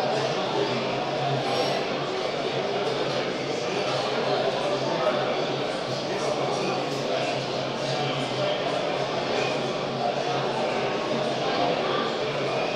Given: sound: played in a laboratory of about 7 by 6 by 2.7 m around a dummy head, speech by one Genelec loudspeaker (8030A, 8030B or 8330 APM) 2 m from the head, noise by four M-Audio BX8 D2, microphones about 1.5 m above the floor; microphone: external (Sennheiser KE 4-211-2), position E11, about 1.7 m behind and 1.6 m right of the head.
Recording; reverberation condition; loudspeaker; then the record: cafeteria noise; high; four, about 170 cm from the corners of the room and facing them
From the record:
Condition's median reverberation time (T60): about 1300 ms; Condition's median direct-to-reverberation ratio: about -4.0 dB